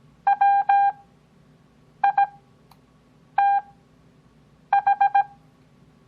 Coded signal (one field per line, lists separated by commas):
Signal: Morse code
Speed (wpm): 17 wpm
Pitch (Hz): 800 Hz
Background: none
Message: WITH